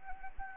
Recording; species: mosquito wingbeat signal from an infrared sensor; Anopheles gambiae